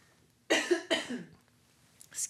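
Two harsh, wet cough bursts ending in a rasping throat clear, bringing up phlegm, from an adult whose allergies are flaring up around outdoor sporting events.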